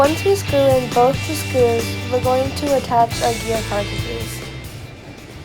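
Someone talks over background music while a planetary gear cartridge is handled at a robot drive motor's planetary gearbox, and the sound fades toward the end. Nothing has seated or snapped into place yet.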